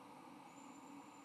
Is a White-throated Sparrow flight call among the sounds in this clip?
no